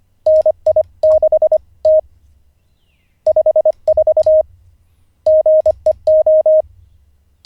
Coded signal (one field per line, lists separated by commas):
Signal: Morse code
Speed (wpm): 25 wpm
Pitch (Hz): 620 Hz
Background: none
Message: NI6T 54 GEO